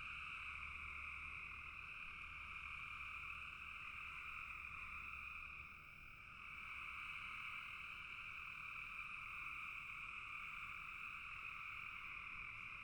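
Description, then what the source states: Frogs trilling in chorus, a constant high wash that dips briefly about halfway through before resuming, with a low hum in the first half. Frogs calling in a bog.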